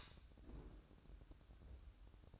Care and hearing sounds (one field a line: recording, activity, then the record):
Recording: daily activity, microphone in the room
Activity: light on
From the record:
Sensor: 2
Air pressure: 1007.7 hPa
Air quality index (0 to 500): 90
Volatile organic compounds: 1 ppm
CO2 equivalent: 690 ppm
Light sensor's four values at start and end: 7/16/7/7 and 8/19/7/8